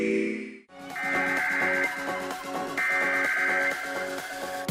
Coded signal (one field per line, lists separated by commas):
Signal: Emergency Alert System (SAME) tones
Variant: header bursts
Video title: Drew's EAS Archive #1: CRS Alerts (2015-2016)